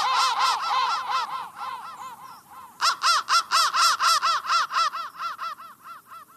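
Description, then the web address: Crow caws, harsh and arched, come in a dense opening flurry that fades, then a steady, rapid series of loud calls. "soundfactory crow 1 crow 1 crow 1 bendthreads"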